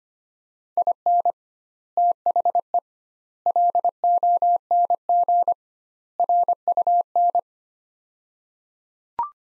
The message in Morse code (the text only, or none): IN THE LONG RUN